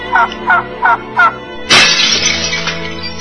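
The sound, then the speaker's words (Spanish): A turkey gobbles in four short, evenly spaced warbling bursts, followed by a sudden loud crash like shattering glass that rings out and fades. “Vaciar en una bandeja el pinche pavo y una botella de ron.”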